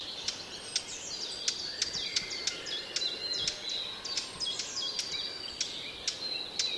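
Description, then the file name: Eurasian blackcap giving hard ticking calls, sharp clicks repeated irregularly, with thin steady high tones running underneath. "Sylvia atricapilla"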